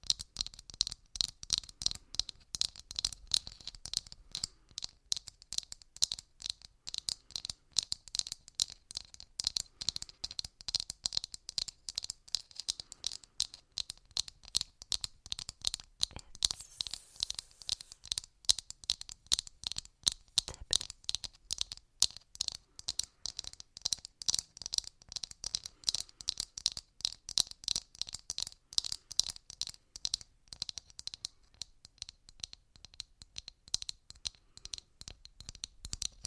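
Rapid fingertip tapping on hard surfaces like wood or glass continues without pause for the whole stretch, each tap a crisp, bright click. The pace is fast and fairly even, with slight shifts in density.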